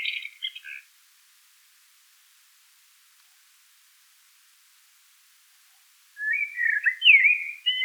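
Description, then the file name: Common blackbird song: a short squeaky phrase end, a long silence, then a rich warbled phrase with a sharp high slurred whistle. "Turdus merula"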